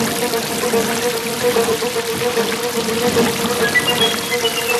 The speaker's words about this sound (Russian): Стемнело, сильный ливень. Заяц пробирается по лесу сквозь потоки воды.